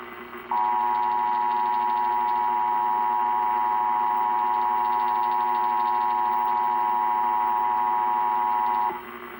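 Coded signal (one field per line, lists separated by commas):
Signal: Emergency Alert System (SAME) tones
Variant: 853 and 960 Hz attention tone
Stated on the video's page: New York City Required Monthly Test originating from 1010 WINS, recorded off radio and on TV stations.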